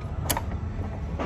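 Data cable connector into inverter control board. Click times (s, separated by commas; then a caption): 0.3 s. A data/communication cable connector is pushed into the inverter control board of a large screw compressor. A sharp click at 0.3 s is followed by a smaller click at 0.4 s over a steady low hum. The connector latches into place.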